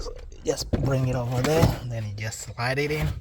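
A new 12 V battery for a 2016–2022 BMW X1 (F48) is moved into position to be slid into its tray under the hood while someone talks throughout. The clip ends just before the battery bottoms against the tray's end stop, so nothing has seated yet and no thud or click is heard.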